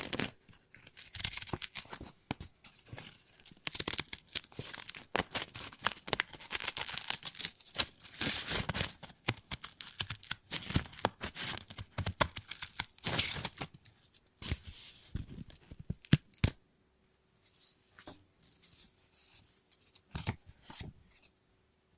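Scissors snip and cut through paper in quick, irregular bursts of crisp, bright crunching, dense for the first sixteen seconds. After that the cutting thins to a few isolated snips with near-silent gaps, and a faint steady low hum sits underneath throughout.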